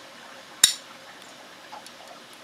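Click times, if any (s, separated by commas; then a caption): 0.6 s. A new NDZ Performance base plate is slid onto a Ruger LCP II pistol magazine body over the spring insert and snaps into place with one sharp, bright pop at 0.6 s. Faint small ticks follow, and the plate is seated.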